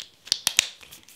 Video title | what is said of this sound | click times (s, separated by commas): Louis Vuitton Bandouliere strap - Styled with 18 handbags! - Hacks! | that it snaps into place here | 0.3 s, 0.6 s